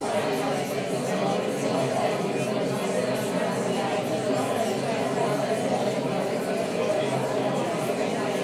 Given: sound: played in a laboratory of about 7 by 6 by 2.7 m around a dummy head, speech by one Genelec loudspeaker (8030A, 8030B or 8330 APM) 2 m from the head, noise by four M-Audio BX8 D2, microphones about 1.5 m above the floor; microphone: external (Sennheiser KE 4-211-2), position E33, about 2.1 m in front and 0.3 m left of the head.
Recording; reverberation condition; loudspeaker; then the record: babble noise; medium; four, about 170 cm from the corners of the room and facing them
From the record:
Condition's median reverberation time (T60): about 510 ms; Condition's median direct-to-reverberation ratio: about -0.5 dB